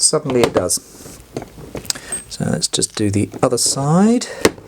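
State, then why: Not seated. Someone talks while a small fitting part is handled and pressed by finger toward a pocket of a 3D-printed plastic winder box, with a few short, sharp handling taps between about 1.4 and 1.9 seconds. The part has not seated or clicked into place yet.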